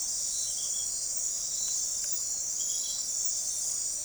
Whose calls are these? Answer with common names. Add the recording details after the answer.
none. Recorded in forest near Pivijay, Magdalena, Colombia, on 6 June 2023 at 22:00. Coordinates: 10.467, -74.380. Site Z5-G034